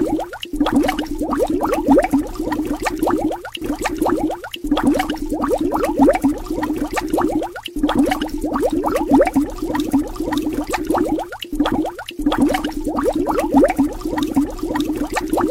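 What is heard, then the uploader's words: Bubbles rise and pop in water in a dense, continuous stream, a fast burbling patter centered in the low-middle range. Short gaps of near silence break the flow several times, around 1, 3.5, 4.5, 7.7, 11 and 12 seconds. Soak in the bubbles in the water.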